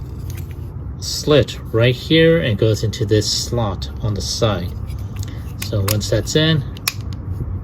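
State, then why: Seated. Someone talks while pushing a plastic tab on the leg of a Transformers Kingdom WFC Trilogy Autobot Ark transforming toy robot into a slot on its side, with small plastic clicks and taps along the way. A sharp, loud snap at 6.9 s marks the tab seating in the slot.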